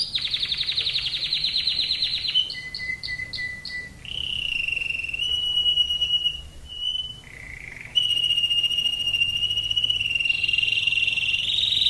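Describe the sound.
Domestic canary song: fast high trills run into long steady whistled notes, with a short dip to lower notes midway before the rapid trilling resumes.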